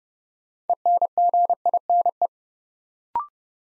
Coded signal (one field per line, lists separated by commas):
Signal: Morse code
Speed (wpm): 30 wpm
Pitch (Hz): 700 Hz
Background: none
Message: ENGINE